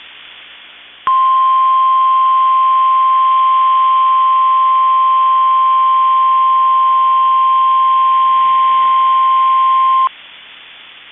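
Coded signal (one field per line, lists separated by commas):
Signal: Emergency Alert System (SAME) tones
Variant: 1050 Hz attention tone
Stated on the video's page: Several EAS tests received.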